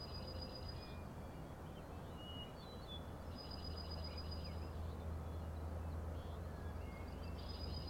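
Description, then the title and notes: Common nighthawk rattles, a few dry trains of rapid pulses separated by gaps and faint thin notes, set against a heavy low background roar. Three birds flying in close formation, rattling, flying remarkably close to the recordist; Schoodic Head overlook, Acadia National Park, Winter Harbor, Maine; 16 June 2017, 4am. "Common Nighthawks, Schoodic Head 061617 4am. 3 common nighthawks making peenting calls and wings booms but also a rattling noise at the Overlook (410 ft) on Schoodic Head (435 feet) Schoodic division Acadia National Park Winter Harbor, ME"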